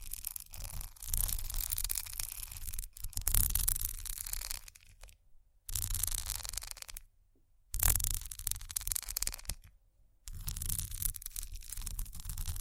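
Bumpy textured items are scratched in long, rasping strokes, a dense bright hiss with a low rumbling undertone and quick gritty pulses. Complete silences break it up around 5 seconds, 7 seconds and 10 seconds before the scratching resumes at a steady level.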